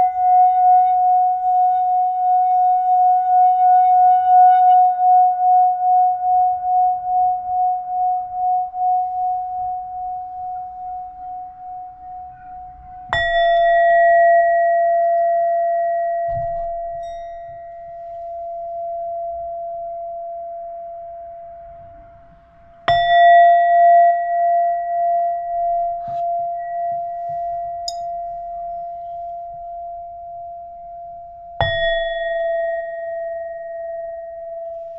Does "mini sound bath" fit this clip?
yes